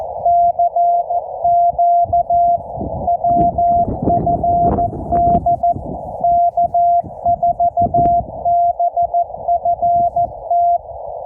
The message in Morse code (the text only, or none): CQ WFD K4BFT